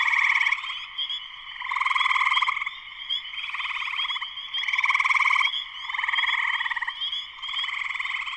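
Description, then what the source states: Spring peepers calling en masse, high continuous peeping beneath waves of pulsed trills that build and ebb every second or two. Spring peepers in full chorus shortly after sunset, Sleeping Bear Dunes National Lakeshore, northern Michigan, USA.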